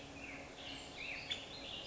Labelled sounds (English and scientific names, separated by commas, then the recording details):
Black-headed Grosbeak (Pheucticus melanocephalus)
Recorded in Sonoma County, California